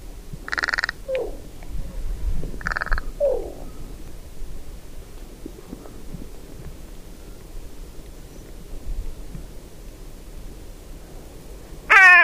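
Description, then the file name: Carrion crow giving two hoarse caws about two seconds apart, followed by quiet, and a brief sharp sound at the very end. "Corvus corone"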